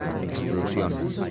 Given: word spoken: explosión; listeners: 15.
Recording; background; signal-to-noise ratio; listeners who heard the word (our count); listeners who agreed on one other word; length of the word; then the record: one Spanish word in noise, from a listening test; eight-talker babble; -2.5 dB; 2 of 15; 8 of 15; 0.91 s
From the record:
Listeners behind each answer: 8, 2, 1, 1, 1, 1, 1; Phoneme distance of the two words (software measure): 41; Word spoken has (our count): 3 syllables, 10 phonemes, stress on syllable 3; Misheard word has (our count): 3 syllables, 7 phonemes, stress on syllable 3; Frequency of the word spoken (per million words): 25.06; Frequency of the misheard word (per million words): 31.27